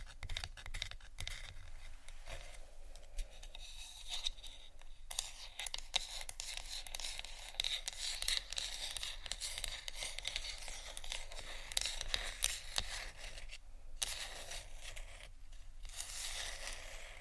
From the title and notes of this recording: Marble, wood, tapping, scratching, crinkles, etc （No Talking）.